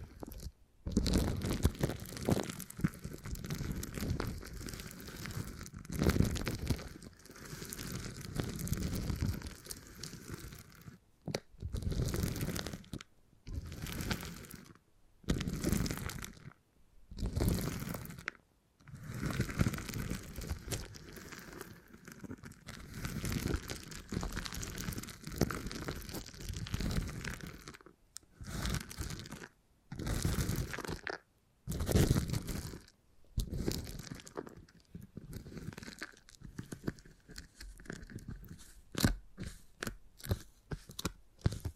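Beeswax being handled in crunchy, crinkling bursts that come in dense runs, broken by frequent short silences, with sharp crackles throughout.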